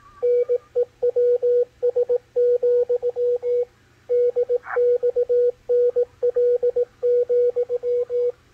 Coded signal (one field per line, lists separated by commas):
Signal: Morse code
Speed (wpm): 18 wpm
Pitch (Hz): 490 Hz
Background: none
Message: NEWS, DXNL,